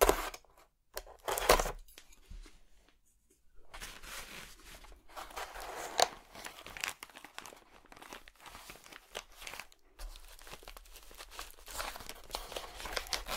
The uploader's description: Sounds maked with an excavation kit, like archaeological excavation.